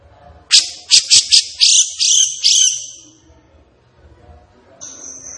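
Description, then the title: Grey-cheeked bulbul singing a fast series of harsh, bright chattering notes for about two seconds, followed by a fading tail and a faint steady high tone. Singing energetically and persistently (gacor), agitated (emosi), as a tutoring track (masteran) for training caged birds. "Cucak Jenggot Gacor. Cucak Jenggot Emosi Untuk Masteran"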